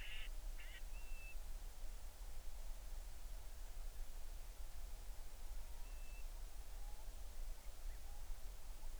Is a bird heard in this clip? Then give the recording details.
yes. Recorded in the Arctic National Wildlife Refuge, Alaska, on 20 July 2019 at 02:36. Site 38